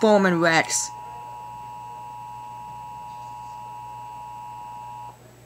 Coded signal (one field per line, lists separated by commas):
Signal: Emergency Alert System (SAME) tones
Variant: 853 and 960 Hz attention tone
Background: speech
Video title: EAS #5: Severe Thunderstorm Warning (Lincoln, NE 9/21/19)